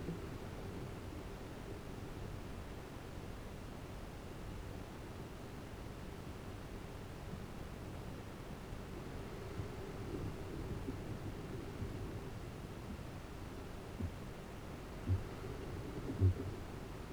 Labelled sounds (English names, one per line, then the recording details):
Kākāpō boom
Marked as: faintness 3/5
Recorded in New Zealand
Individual Arab